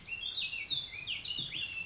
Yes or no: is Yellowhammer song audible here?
no